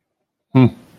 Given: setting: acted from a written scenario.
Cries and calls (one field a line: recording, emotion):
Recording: vocal sound without words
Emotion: neutral